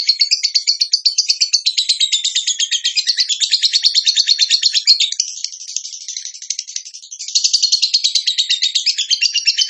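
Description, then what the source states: Bird song of sustained high, buzzy rapid trilling that fades briefly in the middle, then resumes strongly. Master recording for training cage birds; lively (gacor) singer in the tembakan style.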